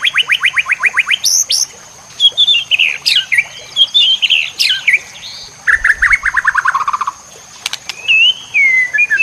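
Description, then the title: White-rumped shama delivering fast descending note bursts, loud mixed whistles and sharp clicks, then a falling rapid trill and a rich closing whistle; steady high tone throughout. Training recording for cage birds. "MASTERAN MURAI BATU LABAIK"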